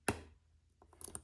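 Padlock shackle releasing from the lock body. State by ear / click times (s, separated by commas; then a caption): released / 1.1 s. A laminated steel Master Lock No 3 padlock held in a Yakamoz mini bench vise is picked, and after the last pin (pin two) is set, the plug turns and the steel shackle pops open. A sharp hit rings out at 0.1 s, soft ticks follow around 0.8–0.9 s, and sharp metallic clicks at 1.1 s and 1.2 s mark the shackle snapping open and the lock releasing.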